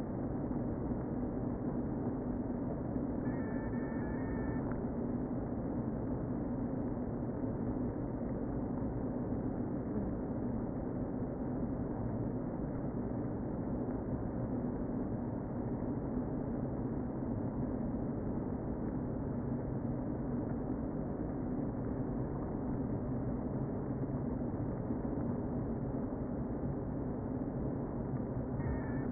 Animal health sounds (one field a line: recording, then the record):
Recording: honeybee colony, microphone inside the hive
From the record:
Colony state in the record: queen present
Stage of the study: before two queens were removed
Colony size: about 60,000 bees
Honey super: yes